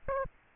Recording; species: mosquito wingbeat signal from an infrared sensor; Aedes aegypti